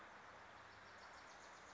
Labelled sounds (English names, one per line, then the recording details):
Wilson's Warbler
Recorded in Sonoma County, California